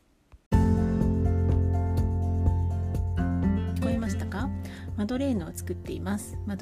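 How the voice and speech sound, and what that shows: A primary-school girl with Down syndrome speaks a short Japanese phrase about making madeleines over steady background music. Her voice is clear, but some consonants are substituted, as in 'matoreenu' for 'madoreenu', and some words are blurred and hard to catch. This is an articulation disorder with sound substitutions, linked to poor tongue movement and an underbite.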